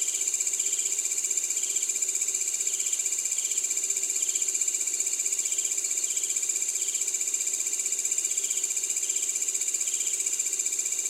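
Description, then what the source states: Frogs giving regular trains of quick pulsed notes, evenly spaced, against a continuous shrill insect drone. Recorded in the evening of 18 December 2020.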